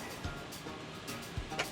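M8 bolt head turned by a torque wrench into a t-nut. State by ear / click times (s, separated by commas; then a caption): stripped / none. A torque wrench turns the M8 steel bolt head into a t-nut, with the torque raised toward 250 in-lb. Over a steady background hiss, a few dull low knocks are heard, then a brighter, sharper burst near the end; nothing has clicked yet. The result is that the bolt head strips out at 250 in-lb.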